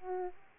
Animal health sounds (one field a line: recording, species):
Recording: mosquito wingbeat signal from an infrared sensor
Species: Aedes aegypti